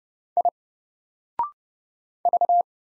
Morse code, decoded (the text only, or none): I V